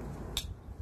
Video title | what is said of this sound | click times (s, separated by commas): Silverado tailgate light bar failure | Boom, you heard that snap. | 0.4 s